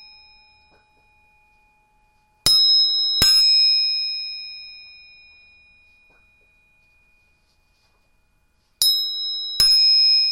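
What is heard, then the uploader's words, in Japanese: Tuning forks are struck in pairs, once near 2.5 and 3 seconds and again near 9 and 9.5 seconds. Each sharp metallic tap leaves clear, steady pure tones that ring on and slowly fade. A lower tone from an earlier strike dies away at the start, against quiet surroundings. 音叉チューニング3本。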